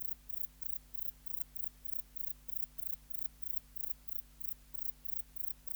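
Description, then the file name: Grey bush-cricket chirping in a regular run of brief, very high buzzy pulses, roughly three each second, with a steady low hum underneath. "Platycleis albopunctata"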